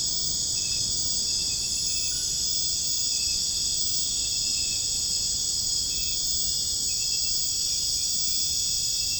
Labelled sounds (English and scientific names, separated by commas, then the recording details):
none
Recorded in dense forest near Puerto Asís, Putumayo, Colombia, on 29 June 2025 at 01:30
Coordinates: 0.481, -76.323
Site G072